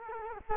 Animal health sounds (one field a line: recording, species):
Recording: mosquito wingbeat signal from an infrared sensor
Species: Culex quinquefasciatus